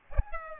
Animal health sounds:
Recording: mosquito wingbeat signal from an infrared sensor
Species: Aedes albopictus

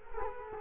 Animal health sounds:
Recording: mosquito wingbeat signal from an infrared sensor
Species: Culex quinquefasciatus

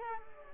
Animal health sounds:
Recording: mosquito wingbeat signal from an infrared sensor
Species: Culex pipiens

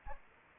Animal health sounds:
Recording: mosquito wingbeat signal from an infrared sensor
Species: Anopheles arabiensis

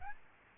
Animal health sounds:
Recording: mosquito wingbeat signal from an infrared sensor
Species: Aedes albopictus

